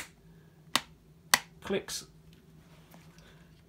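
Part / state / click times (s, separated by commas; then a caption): chin vent slider in a motorcycle helmet shell / seated / 0.8 s, 1.3 s. The large central chin vent slider on an X-Lite 803 carbon motorcycle helmet is slid through its positions. Two sharp clicks sound at 0.8 s and 1.3 s as it snaps into its two detents. Someone talks briefly afterward.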